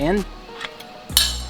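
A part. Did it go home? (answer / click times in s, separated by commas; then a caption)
released / 1.2 s. A wrench goes back onto the park release tool on a C8 Corvette's dual-clutch transmission, and the tool is released from the transmission with a sharp metallic clink at 1.2 s, disengaging it. Someone talks at the start, and two light taps come before the loud clink.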